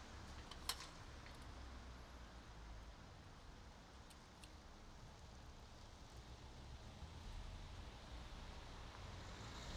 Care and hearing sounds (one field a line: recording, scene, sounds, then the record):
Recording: everyday scene through a hearing-aid microphone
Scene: in traffic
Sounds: traffic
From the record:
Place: bus stop on a city main road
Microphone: in the ear canal, right